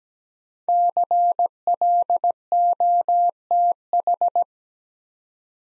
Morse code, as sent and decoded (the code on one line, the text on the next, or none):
-.-. .-.. --- - ....
CLOTH